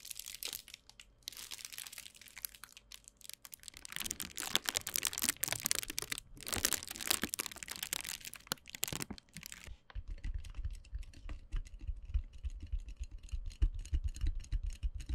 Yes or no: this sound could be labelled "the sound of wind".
no